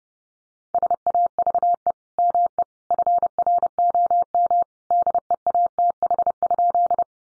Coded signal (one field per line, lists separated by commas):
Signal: Morse code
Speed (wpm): 30 wpm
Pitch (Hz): 700 Hz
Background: none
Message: SAVE ME FROM DEATH?